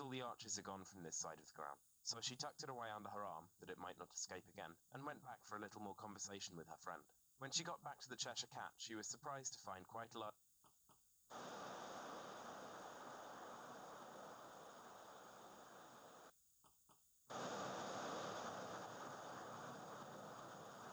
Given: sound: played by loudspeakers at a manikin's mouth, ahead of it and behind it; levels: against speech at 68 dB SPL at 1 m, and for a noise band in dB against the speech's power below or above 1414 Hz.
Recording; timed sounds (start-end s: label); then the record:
test signals for a remote microphone
0.00-10.30 s: man speaking
10.67 s: click
10.92 s: click
11.30-16.30 s: speech-spectrum noise, -10 dB
16.67 s: click
16.92 s: click
17.30-20.93 s: speech-spectrum noise, 0 dB
From the record:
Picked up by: remote receiver E, fed by microphone B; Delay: 43 ms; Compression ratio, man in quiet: 2.77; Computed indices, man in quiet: SII 0.989, HASPI 1.000, HASQI 0.404 (non-linear 0.458, linear 0.882), ESTOI 0.745